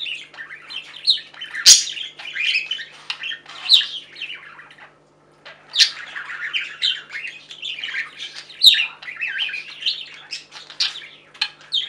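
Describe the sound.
Budgerigar chatter, a steady flow of grating warbles and sharp clicks, with one short pause near the middle.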